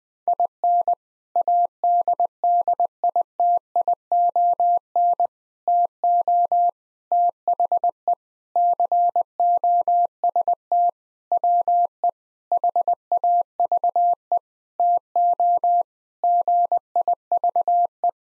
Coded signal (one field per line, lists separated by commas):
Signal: Morse code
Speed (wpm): 20 wpm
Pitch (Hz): 700 Hz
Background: none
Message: IN ADDITION TO THE COST WE HAVE TO GIVE